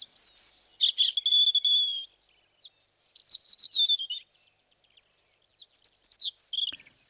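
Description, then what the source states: European robin singing thin, high, wavering phrases of varied whistles and trills, with short pauses between bursts of song. Song, played back.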